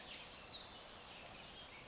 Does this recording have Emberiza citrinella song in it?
no